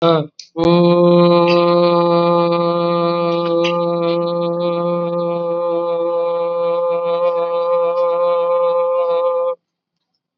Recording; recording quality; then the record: sustained vowel as in boot; excellent, no background noise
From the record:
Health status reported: COVID-19 positive, mild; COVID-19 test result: positive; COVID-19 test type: RT-PCR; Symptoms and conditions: cough, cold, fever, fatigue, muscle pain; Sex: male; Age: 48 years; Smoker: no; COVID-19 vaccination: both doses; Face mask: worn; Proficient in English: yes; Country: India